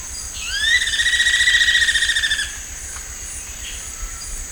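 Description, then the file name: Bird giving one long note that sweeps up and holds, pulsing rapidly, over a constant high-pitched insect hum. "SABIOD 50 bird 2015"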